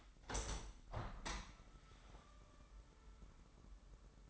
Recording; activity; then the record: daily activity, microphone in the room; open window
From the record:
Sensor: 3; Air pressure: 998.5 hPa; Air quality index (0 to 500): 136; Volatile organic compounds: 4 ppm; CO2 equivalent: 1627 ppm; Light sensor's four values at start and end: 8/20/8/9 and 8/20/8/9